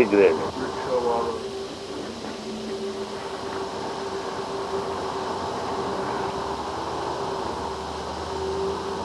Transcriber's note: bus restarts